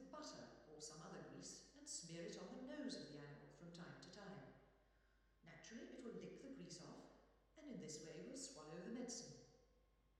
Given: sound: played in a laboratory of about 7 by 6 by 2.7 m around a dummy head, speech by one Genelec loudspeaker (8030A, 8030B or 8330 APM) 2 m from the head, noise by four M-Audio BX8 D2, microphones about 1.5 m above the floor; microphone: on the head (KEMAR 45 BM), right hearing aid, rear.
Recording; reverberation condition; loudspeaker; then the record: female speech in English; high; behind (180 degrees)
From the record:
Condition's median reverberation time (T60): about 1300 ms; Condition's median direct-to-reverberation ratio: about -4.0 dB